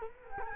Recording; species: mosquito wingbeat signal from an infrared sensor; Culex quinquefasciatus